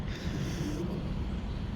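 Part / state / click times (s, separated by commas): rear wiper blade post into wiper arm / not seated / none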